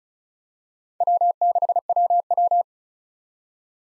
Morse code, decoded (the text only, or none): W6WW